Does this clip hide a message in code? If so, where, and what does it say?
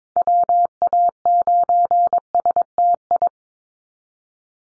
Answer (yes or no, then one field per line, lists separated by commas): yes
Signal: Morse code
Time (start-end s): 0.2-3.3 s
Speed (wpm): 22 wpm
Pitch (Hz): 700 Hz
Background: none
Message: WA9STI